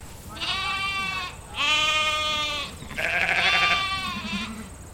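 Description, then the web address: Dorper sheep bleating: three drawn-out baas in a row. A group of sheep. "Sound Effects-Foundation 1 ANIMAL SHEEP DORPER GROUP BAA"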